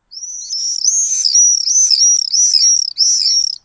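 Swift calls, a rapid run of high, thin, arched notes, each rising then falling, repeated in quick succession in a continuous series with a brief break.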